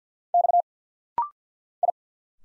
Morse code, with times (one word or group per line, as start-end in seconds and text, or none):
0.3-0.6 X
1.8-1.9 I